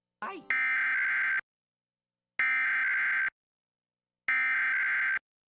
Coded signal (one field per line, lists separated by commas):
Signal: Emergency Alert System (SAME) tones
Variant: header bursts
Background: speech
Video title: [EAS #1476-#1488] A Day of Monthly Tests